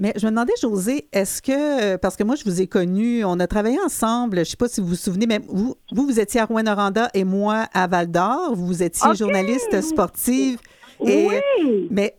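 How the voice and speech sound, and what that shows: A woman speaks conversational Québec French fluently and quickly, with a clear voice and normal articulation: typical speech.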